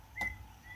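A second 3L plastic building brick is pressed onto the studs of a brick model, behind the first one, to fill the remaining gap. A brief high, ringing tone rises around 0.2 s over quiet handling noise. Nothing has seated or clicked yet.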